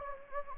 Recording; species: mosquito wingbeat signal from an infrared sensor; Anopheles gambiae